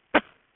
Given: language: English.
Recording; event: throat vibration sensor signal played as sound; cough